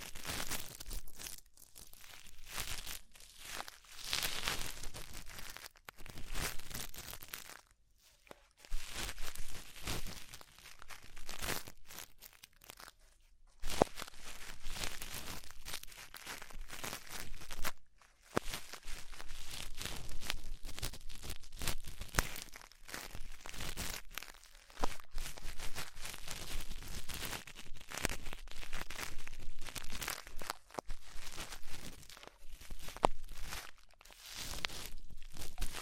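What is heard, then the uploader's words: Ear cleaning sounds: dense, crackly scratching and rustling that comes in long bursts, bright and crinkly like paper being rubbed and torn. Short near-silent pauses break it up, around 8, 14 and 18 seconds, before the scratching resumes. ASMR Deep Ear Cleaning Session.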